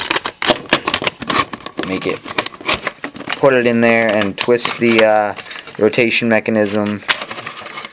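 The rotating cylinder (roulette mechanism) of a plastic Nerf Maverick toy foam-dart blaster is put back into the blaster body and twisted, producing quick plastic clicks and rattles while someone talks. The clip ends before the cylinder locks into place; nothing has seated or clicked home yet.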